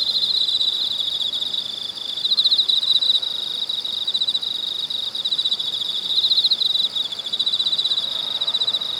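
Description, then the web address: Cicadas buzzing in a dense, continuous high chorus that swells and fades in waves every few seconds, with no other clear sounds. Cicadas in Weinan, China. "soundlibrary Sound Scapes China Cicadas Weinan"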